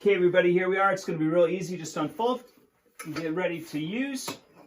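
Someone talks while unfolding the folding leg frame of a metal-frame garden kneeler seat toward its locked open position. The clip ends before the legs lock, so nothing has seated or clicked yet.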